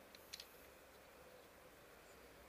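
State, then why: Not seated. Two metal-backed front brake pads for a Honda CB1000R motorcycle are dropped together into the brake caliper and handled into position against its retaining spring. A few faint, sharp ticks come near the start, at about 0.2, 0.3 and 0.4 seconds, then only a low steady background hiss remains. Nothing has seated or clicked into place yet.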